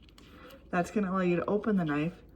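A folding utility knife from ARROW with a red release button is handled as it is about to be opened, its blade meant to lock open in the folding handle. Someone talks through most of the clip, and faint small ticks and handling noises come at about 0.0 s, 0.1 s and 0.2 s. The clip ends before the blade is swung open, so nothing has clicked or locked yet.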